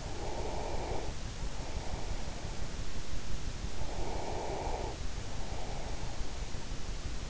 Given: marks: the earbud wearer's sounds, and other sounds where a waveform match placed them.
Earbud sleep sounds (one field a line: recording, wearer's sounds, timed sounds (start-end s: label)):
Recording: sounds in sleep by an in-ear microphone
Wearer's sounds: breath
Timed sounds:
0.00-2.61 s: breath
3.82-6.52 s: breath